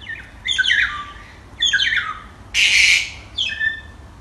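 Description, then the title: Bird calling at night with squawky, harmonic chirps that slide downward in short bursts, three phrases plus one harsh noisy rasp. Small birds singing at night on Kaukau mountain, New Zealand. "夜晚小鸟们的吟唱新西兰考考山"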